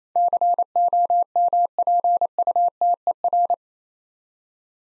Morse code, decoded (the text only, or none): COMPUTER